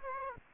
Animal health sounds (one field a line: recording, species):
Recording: mosquito wingbeat signal from an infrared sensor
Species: Aedes aegypti